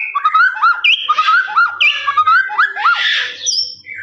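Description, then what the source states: Lovebird song, a rapid chattering run of rising squeaky notes, with harsher buzzy bursts mixed in throughout. Long trilling "ngekek" song, used as a master recording for training birds.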